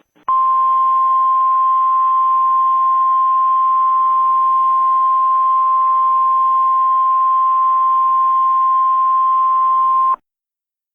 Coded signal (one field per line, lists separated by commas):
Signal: Emergency Alert System (SAME) tones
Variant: 1050 Hz attention tone